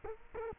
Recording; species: mosquito wingbeat signal from an infrared sensor; Culex quinquefasciatus